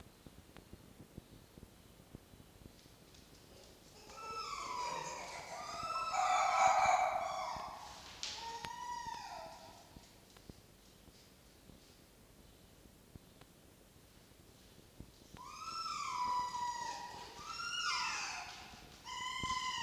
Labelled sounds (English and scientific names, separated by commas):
Red Fox (Vulpes vulpes)